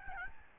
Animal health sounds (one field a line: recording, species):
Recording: mosquito wingbeat signal from an infrared sensor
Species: Aedes albopictus